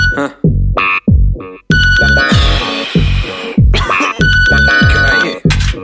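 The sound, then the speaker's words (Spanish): An alarm clock goes off with a loud electronic melody of bright, chiming notes that play in quick repeating bursts, with no voices. “Pero suena mi despertador y se me acaba el chollo.”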